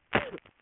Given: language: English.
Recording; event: throat vibration sensor signal played as sound; cough